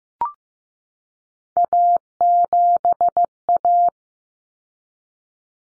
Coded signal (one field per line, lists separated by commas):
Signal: Morse code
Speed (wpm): 15 wpm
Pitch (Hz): 700 Hz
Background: none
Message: A7A